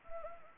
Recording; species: mosquito wingbeat signal from an infrared sensor; Anopheles arabiensis